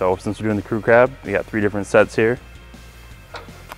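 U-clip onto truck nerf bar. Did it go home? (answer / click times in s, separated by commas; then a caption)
yes / 3.7 s. A metal U-clip is pushed onto the back side of a Dee Zee steel oval nerf bar for a truck, giving the mounting brackets something to attach to. Someone talks over background music, then a short, sharp click comes at 3.7 s as the clip snaps into place and seats.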